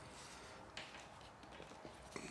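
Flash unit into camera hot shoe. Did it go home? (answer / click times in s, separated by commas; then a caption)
no / none. A flash unit is slid onto a camera's hot shoe, making faint scraping and handling sounds with two brief sharp ticks along the way. The flash has not locked into the hot shoe yet, and nothing has clicked into place.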